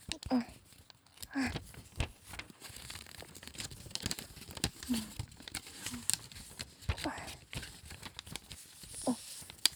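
Origami paper being folded: irregular crisp crinkles, rustles and sharp little snaps recur throughout at a moderate level, with faint vocal sounds now and then in the background.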